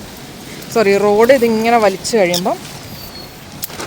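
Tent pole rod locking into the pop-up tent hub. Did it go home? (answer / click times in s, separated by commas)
yes / 3.6 s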